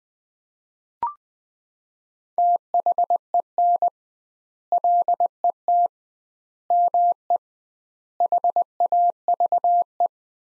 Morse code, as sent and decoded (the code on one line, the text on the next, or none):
- .... . -. / .-.. . - / -- . / .... .- ...- .
THEN LET ME HAVE